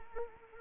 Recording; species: mosquito wingbeat signal from an infrared sensor; Anopheles arabiensis